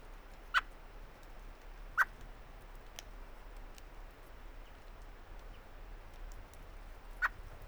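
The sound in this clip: Common blackbird calls: three sharp, abrupt chuck notes, two close together early on and one more after a five-second pause, over faint background hiss.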